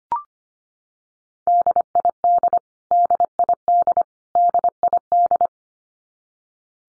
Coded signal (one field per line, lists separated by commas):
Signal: Morse code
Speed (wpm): 25 wpm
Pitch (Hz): 700 Hz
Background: none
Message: DID DID DID